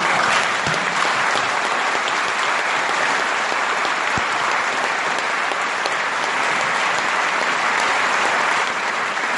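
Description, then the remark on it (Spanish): Sustained applause from an audience at a book talk with Mario Wainfeld at the UNS, a dense, steady wash of many hands clapping at an even loudness for several seconds, with no voices standing out. “Para un aplauso, ¿no?”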